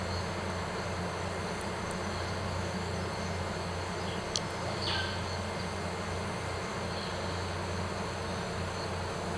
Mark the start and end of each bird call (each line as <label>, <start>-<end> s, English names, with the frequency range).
Russet-backed Oropendola (1.1-4.5 kHz), 4.86-5.15 s